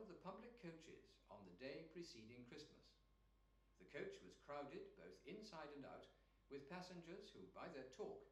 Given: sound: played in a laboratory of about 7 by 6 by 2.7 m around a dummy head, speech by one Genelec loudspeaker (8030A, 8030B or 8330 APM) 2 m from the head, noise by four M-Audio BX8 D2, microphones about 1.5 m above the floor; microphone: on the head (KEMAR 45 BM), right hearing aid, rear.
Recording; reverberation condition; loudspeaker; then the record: male speech in English; medium; 60 degrees to the right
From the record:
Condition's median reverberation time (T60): about 510 ms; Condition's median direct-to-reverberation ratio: about -0.5 dB